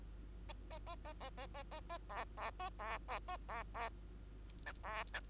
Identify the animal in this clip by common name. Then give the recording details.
Bengalese Finch. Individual Bird2